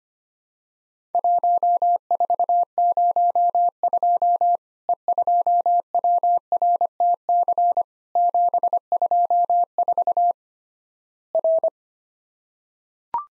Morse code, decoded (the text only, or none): 1402 E2WRTC 724 R